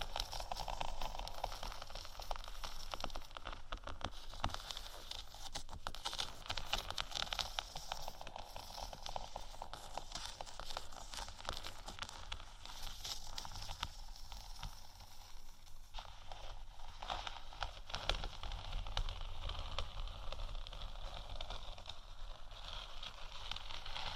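Gentle scratching and tapping on faux leather, a dense, continuous run of soft crackly scrapes with quick irregular taps mixed in. The texture stays fairly even for the whole stretch, with brief brighter bursts of scratching around the middle and near 16 and 18 seconds.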